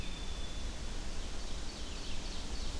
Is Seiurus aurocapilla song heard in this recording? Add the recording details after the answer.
yes. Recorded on 25 June 2016 at 06:21. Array SBT-6-76